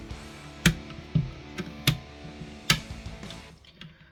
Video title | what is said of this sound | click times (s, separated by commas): Fanhome Power Rangers Build A Megazord Issues 42 43 & 44 | There you go, getting everything clicking into place. | 0.7 s, 1.9 s, 2.7 s